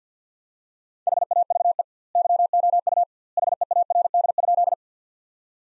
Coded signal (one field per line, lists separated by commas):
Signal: Morse code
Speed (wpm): 50 wpm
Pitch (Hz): 700 Hz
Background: none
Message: HAVE YOU HEARD?